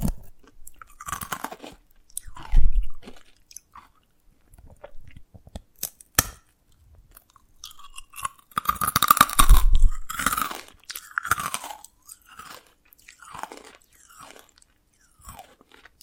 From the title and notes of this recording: ASMR SQUID GAME Dalgona Candy Challenge Tapping, Cracking Triggers for Sleep(No Talking).